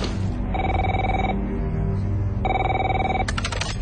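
A telephone rings in two electronic bursts, each a steady high-pitched tone lasting under a second, with a pause between, over a low steady background hum and no talking.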